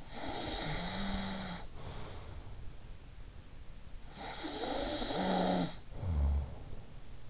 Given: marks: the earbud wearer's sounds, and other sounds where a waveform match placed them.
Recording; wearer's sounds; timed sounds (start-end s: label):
sounds in sleep by an in-ear microphone; snoring breath
0.05-2.95 s: snoring breath
4.23-7.30 s: snoring breath